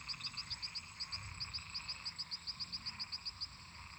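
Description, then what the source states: Frogs and toads: frogs giving rapid high clicking notes in a series with short breaks, backed by a continuous low droning chorus. Many toads and frogs calling in a marsh.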